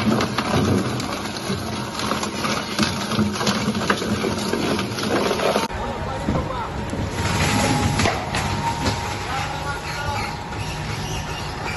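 A pallet wood crusher grinds away in a steady, dense roar, full of low rumble and rattling, clattering bursts throughout. Near the six-second mark the sound abruptly shifts to a thinner, slightly quieter grind with a faint tonal whine, and indistinct voices may be mixed in.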